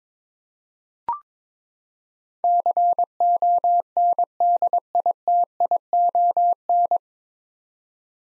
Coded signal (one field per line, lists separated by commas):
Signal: Morse code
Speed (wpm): 22 wpm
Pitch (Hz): 700 Hz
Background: none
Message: CONDITION